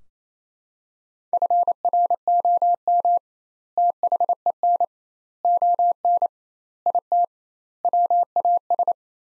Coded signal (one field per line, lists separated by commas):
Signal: Morse code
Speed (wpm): 28 wpm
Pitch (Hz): 700 Hz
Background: none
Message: FROM THEN ON IT WAS